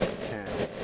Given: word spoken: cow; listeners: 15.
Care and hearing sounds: one English word in noise, from a listening test; noise modulated by three-talker babble; -6.0 dB; 0 of 15; 11 of 15; 0.44 s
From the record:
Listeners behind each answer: 11, 1, 1, 1, 1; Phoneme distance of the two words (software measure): 17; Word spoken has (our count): 1 syllable, 2 phonemes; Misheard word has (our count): 1 syllable, 3 phonemes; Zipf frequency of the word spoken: 4.44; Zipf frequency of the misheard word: 6.56

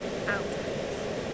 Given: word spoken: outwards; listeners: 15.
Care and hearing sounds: one English word in noise, from a listening test; speech-shaped noise; -5.9 dB; 2 of 15; 7 of 15; 0.94 s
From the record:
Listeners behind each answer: 7, 2, 2, 1, 1, 1, 1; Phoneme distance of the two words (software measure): 28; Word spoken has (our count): 2 syllables, 6 phonemes, stress on syllable 1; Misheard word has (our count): 1 syllable, 2 phonemes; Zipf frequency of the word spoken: 3.15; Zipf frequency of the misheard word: 6.48

